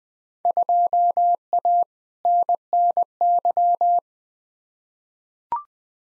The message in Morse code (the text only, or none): 2A NNY